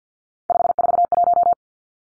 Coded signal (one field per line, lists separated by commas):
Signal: Morse code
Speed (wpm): 50 wpm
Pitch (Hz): 700 Hz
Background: none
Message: 541